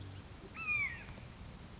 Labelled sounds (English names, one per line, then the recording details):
Red-shouldered Hawk
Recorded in Sonoma County, California